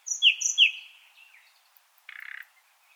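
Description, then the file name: Common nightingale song: two loud slurred whistles with a higher overtone, a soft trailing note, then a brief buzzy rattle. "Luscinia megarhynchos"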